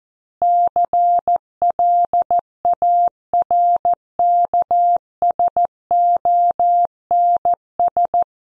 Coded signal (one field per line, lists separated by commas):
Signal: Morse code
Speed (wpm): 14 wpm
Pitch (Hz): 700 Hz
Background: none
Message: CLARKSONS